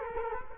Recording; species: mosquito wingbeat signal from an infrared sensor; Culex quinquefasciatus